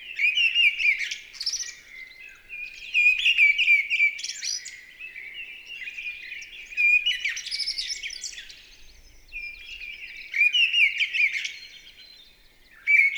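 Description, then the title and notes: Mistle thrush singing fervent, varied phrases mixing clear whistles and harsher squeaky notes, several bursts following one another with brief gaps. Recorded 28 March 2020 at Val Maravel in stereo with a Nagra LB and MKH40 microphone, with no aircraft noise at the time; bird singing with great vocal fervour. "UNE DRAINE ENCHANTEE. 28 mars 2020-Val Maravel - nagra LB - stéréo - mkh40. la belle Grive draine (Turdus viscivorus) dans toute sa ferveur vocale"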